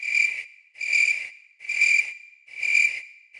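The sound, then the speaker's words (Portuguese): A cricket chirps in steady, evenly spaced bursts, four high-pitched trilling pulses with short gaps between them, loud and clear with no voices. “Bota o grilo.”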